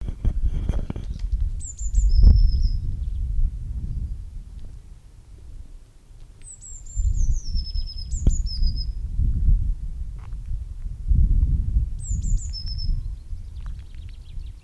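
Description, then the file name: Eurasian blue tit calling repeatedly with brief runs of high, sharp notes that fall in pitch. A low, fluctuating rumble runs throughout. "Cyanistes caeruleus"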